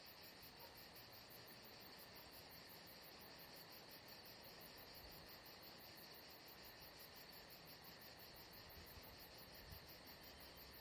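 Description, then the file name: Continuous shrill cricket chirping, rapid pulses running evenly through the whole stretch with faint low background noise beneath. Crickets atmosphere at Saint-Jean-de-Luz. "Saint Jean De Luz Crickets Atmosphere Only Paul Parker Sven Jungbeck"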